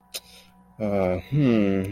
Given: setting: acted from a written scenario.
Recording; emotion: vocal sound without words; guilt